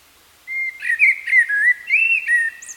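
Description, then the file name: Common blackbird singing a rich, fluty phrase that begins with a steady whistle, wavers through several rounded notes, and closes with a brief squeaky high twitter. "Turdus merula"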